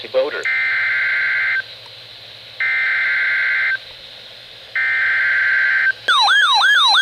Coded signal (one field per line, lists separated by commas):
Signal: Emergency Alert System (SAME) tones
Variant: header bursts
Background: speech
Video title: KIG77 COOKS!! EAS Alerts from 6/12 and 6/13/26 (EAS #1,460-#1,467)